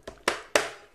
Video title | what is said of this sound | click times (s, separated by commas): Bonsenkitchen vacuum sealer create bag | will click you can hear it click | 0.3 s, 0.6 s